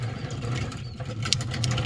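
Pushing on the terminal lock of a wiring connector on a Sprinter T1N's ECU harness so a crimped pin can be pulled out. Over a steady low hum, two sharp snaps sound at 1.3 and 1.6 seconds. The terminal lock releases and the wire slides out of the connector.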